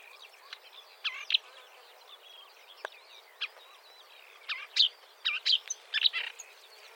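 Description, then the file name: Marsh warbler song: scattered sharp chirps and short whistled phrases, then a busier burst of varied notes near the end. "suara kicauan burung marsh warbler. omkicau"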